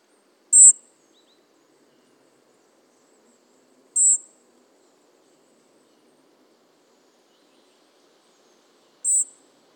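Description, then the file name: European robin giving thin, very high single notes, three in all, a few seconds apart, against a quiet background. "Erithacus rubecula"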